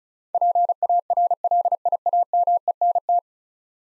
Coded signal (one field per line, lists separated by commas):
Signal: Morse code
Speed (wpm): 36 wpm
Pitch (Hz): 700 Hz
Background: none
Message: PARLIAMENT